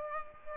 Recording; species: mosquito wingbeat signal from an infrared sensor; Aedes aegypti